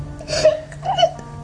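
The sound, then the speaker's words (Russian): A woman cries in two short, shaky sobs, each a breathy, high-pitched whimper that rises and breaks off, with a low steady hum underneath. “Почему вы плачете?”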